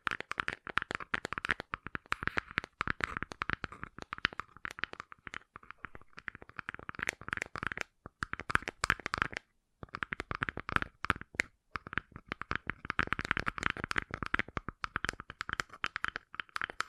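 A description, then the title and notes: Gentle tapping, with quick, uneven clicks and taps arriving several times a second in dense clusters. The taps have a crisp, slightly crinkly edge, and the rhythm pauses briefly around the eight- and ten-second marks before picking back up. ASMR Gentle Tapping You Will Fall Asleep To (No Talking).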